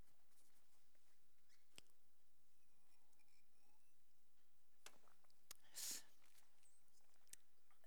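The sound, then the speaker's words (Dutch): Someone takes a sip of water: faint scattered clicks and rustles of handling, then a short, sharper slurping burst near the end, with no talking. “ik pak nog even een slokje water.”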